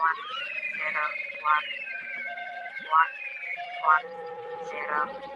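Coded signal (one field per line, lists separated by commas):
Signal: numbers station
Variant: English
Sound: eerie tones and falling whistles under short, evenly spaced spoken digits: one, one, zero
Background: eerie musical tones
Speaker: uh yeah this is the Persephone numbers station it's called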